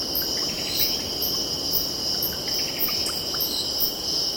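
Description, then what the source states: Cicadas buzzing in a steady, unbroken high drone with a pulsing upper tone, short bird notes scattered throughout, over a constant low rushing of surf. Cicadas stridulating with birds calling and distant ocean in background.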